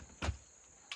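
A section of the telescoping ladder on a 23Zero Walkabout 87 rooftop tent, mounted on a 4Runner, is slid into position. A brief broadband burst sounds around 0.2 to 0.3 s, followed by a low steady hiss with a faint high tone. A single sharp knock at 0.9 s marks the section landing and seating in place.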